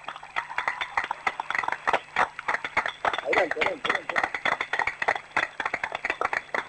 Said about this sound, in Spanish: Renovemos el aplauso a los compañeros. Emblemas, testimonios de esta lucha de la que hablamos.